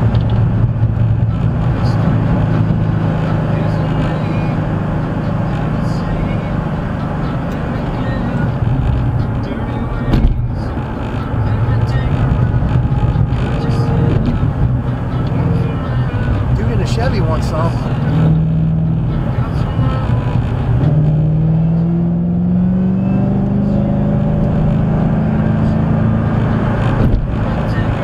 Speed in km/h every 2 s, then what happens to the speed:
109, 109, 101, 98, 90, 89, 84, 84, 82, 79, 77, 95, 106, 108.
2-19 slows to 77. 20-24 speeds up to 106.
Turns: none.